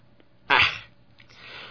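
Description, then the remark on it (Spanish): A single sharp, explosive cough, blamed on the Christmas season, bursts out and fades over a fraction of a second, followed by a softer, breathy exhale. No one talks. “Hasta tos me da estas temporadas.”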